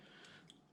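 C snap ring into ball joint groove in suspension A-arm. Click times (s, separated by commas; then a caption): 0.5 s. A steel C snap ring is fitted into the groove on a pressed-in ball joint in a side-by-side A-arm. After a steady low background, a single short, sharp click at 0.5 s marks the ring snapping into the groove, and the ring is seated.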